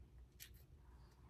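A plastic styling attachment is handled and twisted at the top of a hair dryer/curler body to lock it in place, making soft, brief rustling and scraping noises over a low background hum, with the sharpest burst at about 0.4 s. The clip ends before the attachment goes home, so nothing has seated or clicked yet.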